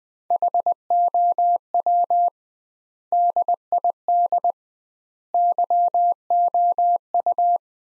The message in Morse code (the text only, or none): HOW DID YOU